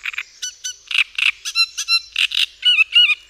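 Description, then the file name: Great reed warbler song with loud grating croaks alternating with squeaky, wavering whistled notes in a rhythmic, jerky sequence. "Trzciniak"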